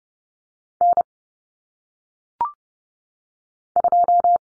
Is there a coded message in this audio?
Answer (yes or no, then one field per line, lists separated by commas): yes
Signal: Morse code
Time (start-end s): 0.8-4.4 s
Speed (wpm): 30 wpm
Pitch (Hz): 700 Hz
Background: none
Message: N 2